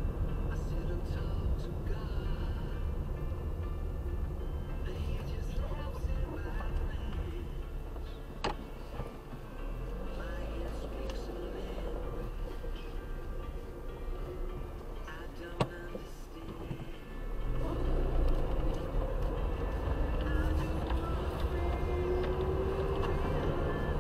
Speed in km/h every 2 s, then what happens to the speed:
18, 16, 11, 8, 5, 4, 6, 4, 0, 9, 17, 19.
0-8 slows to 5. 8-15 steady at about 4. 15-17 standing. 17-24 pulls away to 19.